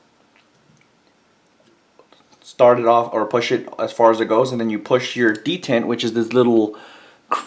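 A titanium safety plunger is started into its hole in a Glock 34 pistol slide and lined up, with only faint handling ticks at about 0.4, 0.8, 2.0 and 2.1 seconds. From about 2.6 seconds someone talks. The plunger has not snapped home yet.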